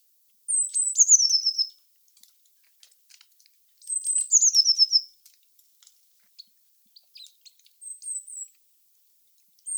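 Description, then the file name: Eurasian blue tit call, two high descending pulsed phrases about three seconds apart, followed by faint short thin notes and soft clicks. "Cyanistes caeruleus"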